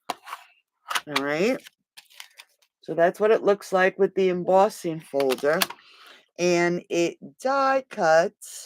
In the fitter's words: in your embossing folder until you hear it click in place